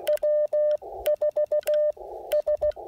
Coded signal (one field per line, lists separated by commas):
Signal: Morse code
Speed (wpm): 14 wpm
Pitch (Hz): 590 Hz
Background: radio noise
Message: W4S